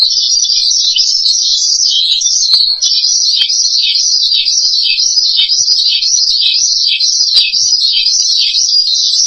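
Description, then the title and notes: Starling song, a rapid, scratchy high chatter with rising and falling wavers, continuous apart from one brief dip early on. "suara burung jalak"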